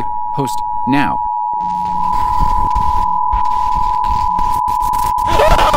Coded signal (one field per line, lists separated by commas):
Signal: Emergency Alert System (SAME) tones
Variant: 853 and 960 Hz attention tone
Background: speech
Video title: The Waffle House Has Found A New Host EAS